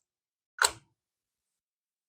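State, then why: Seated. A rubber spark plug cap is pushed over the spark plug terminal of a small CT70 motorcycle engine until it bottoms out, giving a single short, sharp snap at 0.7 s against near silence. The cap is confirmed seated and fully engaged on the plug.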